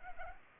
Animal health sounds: mosquito wingbeat signal from an infrared sensor; Culex pipiens

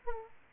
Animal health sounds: mosquito wingbeat signal from an infrared sensor; Aedes aegypti

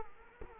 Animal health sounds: mosquito wingbeat signal from an infrared sensor; Culex quinquefasciatus

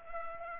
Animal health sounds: mosquito wingbeat signal from an infrared sensor; Culex pipiens

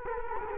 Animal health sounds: mosquito wingbeat signal from an infrared sensor; Culex quinquefasciatus

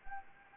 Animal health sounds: mosquito wingbeat signal from an infrared sensor; Anopheles gambiae

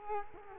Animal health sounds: mosquito wingbeat signal from an infrared sensor; Culex quinquefasciatus

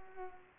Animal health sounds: mosquito wingbeat signal from an infrared sensor; Culex pipiens

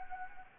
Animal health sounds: mosquito wingbeat signal from an infrared sensor; Anopheles gambiae

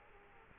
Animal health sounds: mosquito wingbeat signal from an infrared sensor; Culex quinquefasciatus

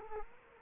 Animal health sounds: mosquito wingbeat signal from an infrared sensor; Culex quinquefasciatus

